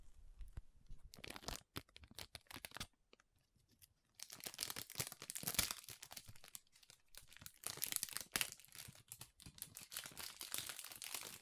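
Crinkling and sticky, squishy handling sounds come in dense bursts of crackle, with bright papery crunches packed close together. A near-silent gap falls around the third and fourth seconds, then the crinkling returns steadier and busier through the end.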